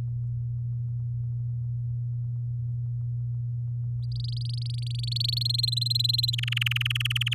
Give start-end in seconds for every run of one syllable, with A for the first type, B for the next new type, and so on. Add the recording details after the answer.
4.03-5.39 A, 5.41-6.35 B, 6.38-7.34 C. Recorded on 6 May 2018 at 17:38. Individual llb16